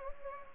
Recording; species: mosquito wingbeat signal from an infrared sensor; Anopheles gambiae